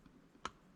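A screw is turned backwards in a plastic chassis hole of an RC car until its thread drops into the original thread with a single sharp click at 0.5 s. A much fainter tick follows near 0.8 s over a quiet background. The screw is seated in its existing thread, so it can be driven back in without cutting a new one.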